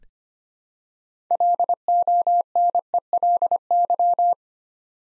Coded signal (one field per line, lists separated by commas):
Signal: Morse code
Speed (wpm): 25 wpm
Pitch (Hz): 700 Hz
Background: none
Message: LONELY